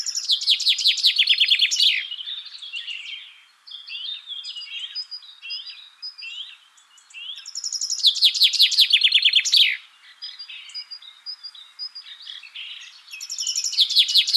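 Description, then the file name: Common chaffinch singing three loud song phrases, each a fast run of notes dropping in pitch, the last cut off, with fainter twittering between them. "Fringilla coelebs"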